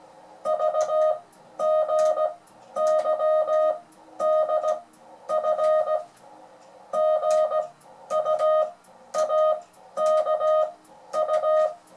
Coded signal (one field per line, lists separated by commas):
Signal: Morse code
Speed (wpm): 17 wpm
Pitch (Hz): 620 Hz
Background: music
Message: VGYDF GUAKU